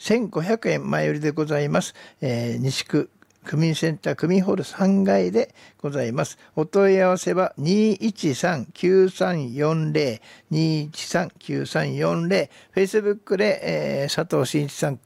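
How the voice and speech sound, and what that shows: A man reads a Japanese event announcement with ticket price, venue and phone number in clear, fluent, ordinary speech.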